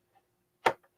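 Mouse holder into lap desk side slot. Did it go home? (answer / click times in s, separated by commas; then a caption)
yes / 0.7 s. The slide-out mouse holder of a portable lap desk is snapped into the holes on the desk's right side, chosen because the mouse is used with the right hand. A faint tick at about 0.2 s is followed by a sharp, bright, broadband click at 0.7 s, then a faint soft tick at about 0.8 s. The holder locks into place at the 0.7 s click.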